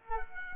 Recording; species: mosquito wingbeat signal from an infrared sensor; Culex quinquefasciatus